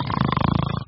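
A brief, fluttering low rumble from the throat: an adult's imitated snore.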